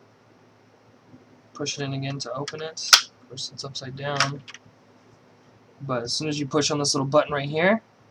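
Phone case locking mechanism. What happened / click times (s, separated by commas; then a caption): Handled, not yet home: case latch not yet locked / none. Someone talks while handling an i-Blason Armorbox phone case for a Samsung Galaxy S6 Active, holding the plastic case upside down near the small button on its locking mechanism. The clip ends before the part docks and locks, so nothing has seated or clicked yet.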